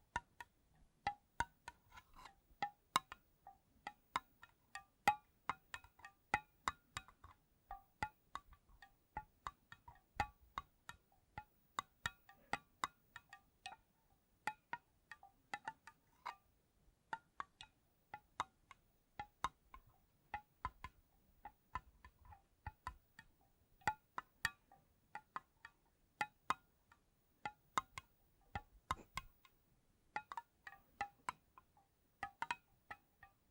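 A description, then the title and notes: Quick, sharp tapping, bright clicky strikes with a glassy ring, coming in irregular bursts with brief pauses throughout. ASMR Addictive Tapping for Study, Work, Sleep (No Talking).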